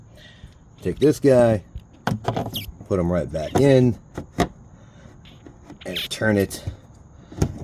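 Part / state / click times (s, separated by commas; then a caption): bulb socket into front turn signal lamp housing / seated / 7.4 s. Someone talks while pushing the front turn signal bulb socket of a 2024-2026 Hyundai Kona back into the headlamp housing and twisting it. A sharp, short hit is heard at 7.4 s during the twist, as the socket locks into place.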